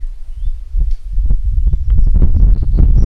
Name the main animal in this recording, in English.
White Helmetshrike